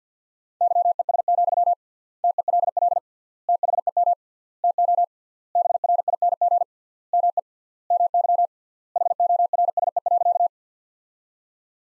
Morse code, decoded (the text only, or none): YES, TELL THEM TO BRING ME MY HORSE.